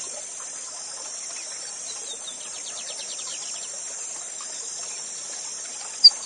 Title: Novo Canto de Bigodinho. Bigode Gavião negro professor de canto cantando ao vivo com cascata!